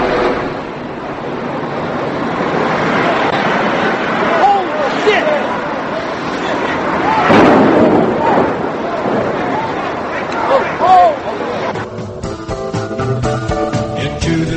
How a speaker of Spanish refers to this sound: Era el sonido de uno de los impactos de los aviones contra las Torres Gemelas.